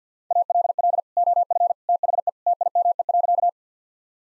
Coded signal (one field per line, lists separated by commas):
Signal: Morse code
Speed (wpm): 50 wpm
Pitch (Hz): 700 Hz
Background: none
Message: ALL OF THE TIME.